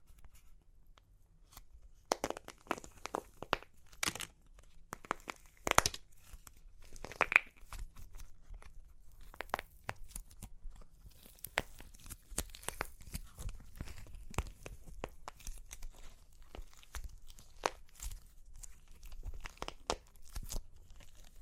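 Dry clay cracks and crunches in irregular, sharp bursts, sparse at first, then a dense crackling stream from about ten seconds on.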